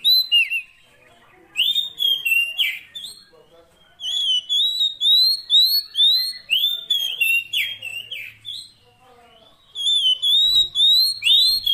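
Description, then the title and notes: Oriental magpie-robin song with clear whistled slurs in repeated bursts, separated by short silences. Magpie-robin 'isian' fill-in song, used to make a kept bird sing actively day and night. "Kacer Jadi Gacor Siang Malam. Isian Kacer"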